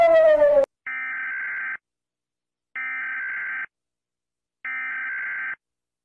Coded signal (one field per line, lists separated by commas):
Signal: Emergency Alert System (SAME) tones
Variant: header bursts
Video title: Rating EAS alarms part 1